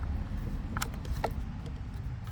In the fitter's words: So, you want to plug it in. Make sure it clicks.